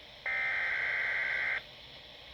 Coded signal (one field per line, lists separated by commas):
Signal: Emergency Alert System (SAME) tones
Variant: header bursts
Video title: Emergency Alerts from June 22, 2021(EAS #42-46) (EAS COMPILATION 4)